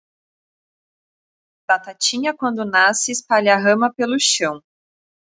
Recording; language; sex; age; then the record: short text; Brazilian Portuguese; female; 30 to 39 years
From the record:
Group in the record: control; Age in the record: 34 years